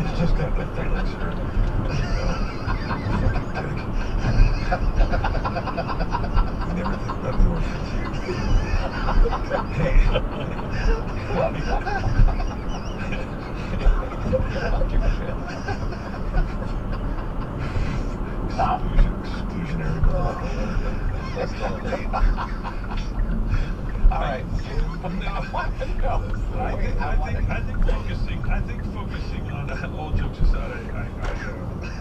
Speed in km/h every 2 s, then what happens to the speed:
74, 74, 76, 76, 76, 74, 71, 69, 68, 61, 53, 47, 35, 24, 29, 39.
0-8 steady at about 76. 8-26 slows to 24. 27-32 speeds up to 39.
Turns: 23-29.